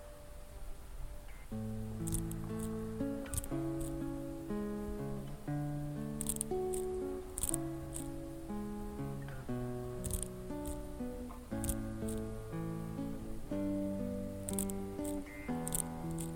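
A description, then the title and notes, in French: Scratching over soft music. Gentle sustained chords shift every second or two at an even, steady level, while short bright scratchy bursts cut in irregularly, clustering around three, six to eight, ten to twelve and fourteen to sixteen seconds. Scratching et musique douce.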